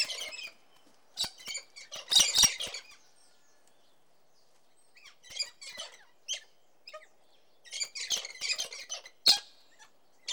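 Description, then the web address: Cockatoo sounds: broken, harsh squawks and rasping chatter in irregular clusters, with short scratchy notes and brief silences between. "The BBC Sound Effects Library. Cockatoo"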